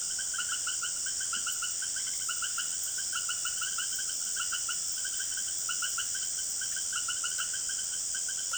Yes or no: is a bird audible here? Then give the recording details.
no. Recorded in secondary vegetation near Puerto Asís, Putumayo, Colombia, on 25 June 2025 at 18:30. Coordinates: 0.489, -76.322. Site G021